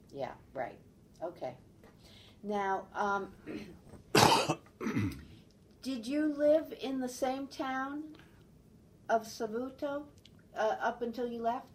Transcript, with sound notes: Yeah right. Okay. Now um-- (coughs) Did you live in the same town -- of Savuto ah up until you left?